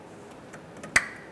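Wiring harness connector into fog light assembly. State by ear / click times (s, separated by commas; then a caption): seated / 1.0 s. The wiring harness plug is pushed onto the plastic connector of a new fog light housing on a 2014-2019 Toyota Highlander. A few soft fitting sounds come around 0.5 and 0.8 seconds, then one sharp, loud click at 1.0 seconds as the plug latches. The connector is seated.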